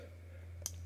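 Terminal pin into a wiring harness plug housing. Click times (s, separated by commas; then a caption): 0.7 s. A crimped terminal pin is pushed into a plastic wiring harness plug housing until it seats. A single short, sharp click is heard at 0.7 s over a steady low hum. The pin clicks home and is seated in the housing.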